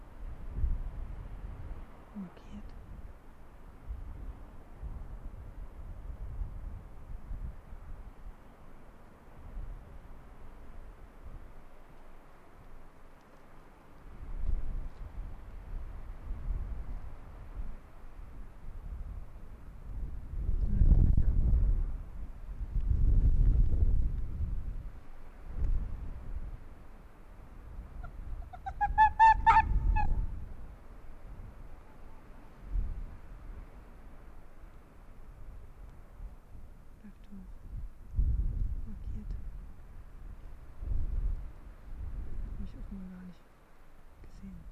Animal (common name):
Arctic Fox